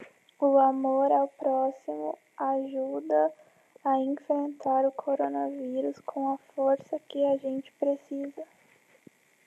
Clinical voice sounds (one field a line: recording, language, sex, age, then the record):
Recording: spoken sentence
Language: Brazilian Portuguese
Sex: female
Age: 20 to 29 years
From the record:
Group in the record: control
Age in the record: 24 years